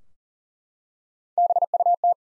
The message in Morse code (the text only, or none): BUT